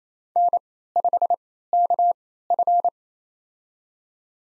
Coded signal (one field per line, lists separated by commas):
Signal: Morse code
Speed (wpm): 29 wpm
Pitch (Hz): 700 Hz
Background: none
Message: N5KF